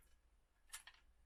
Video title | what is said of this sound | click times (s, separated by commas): Samson A-TM folding Stock Unboxing and Install on Ruger Mini 14 | just here it locks into place | 0.7 s, 0.9 s